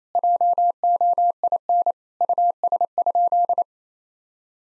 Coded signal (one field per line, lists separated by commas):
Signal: Morse code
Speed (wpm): 27 wpm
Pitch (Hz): 700 Hz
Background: none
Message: JOIN US?